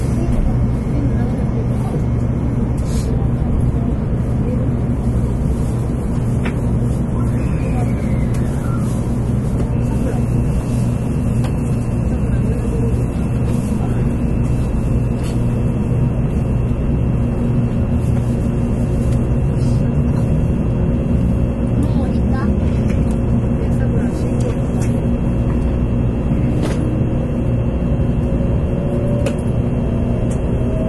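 Running noise aboard the Shinkansen Sakura between Shin-Kobe and Shin-Osaka: a steady, dense low rumble that holds level the whole time. A faint rising whine sweeps up around seconds 7 to 9, with occasional brief clicks and a murmur of voices underneath.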